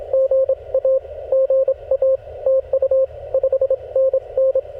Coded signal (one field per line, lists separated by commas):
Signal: Morse code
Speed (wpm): 22 wpm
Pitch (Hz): 560 Hz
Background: radio noise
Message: GA GA TU 5NN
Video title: CW POTA PILEUPS and DX after a SOLAR STORM! #morsecode #parksontheair #hamradio